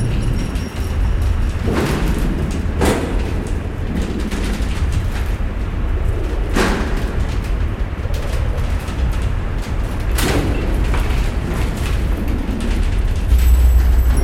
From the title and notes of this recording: The Green House is made of polycarbonate. Makes interesting banging noises when it's windy.